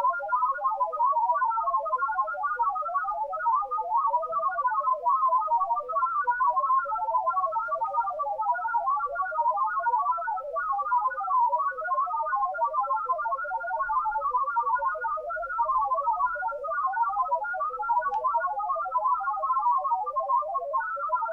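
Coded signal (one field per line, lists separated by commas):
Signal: multi-tone FSK (Olivia or MFSK type)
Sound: rapid warbling tones hopping around a narrow band, steady and continuous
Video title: TEST SIGNAL - RTTY, BPSK31, OLIVIA.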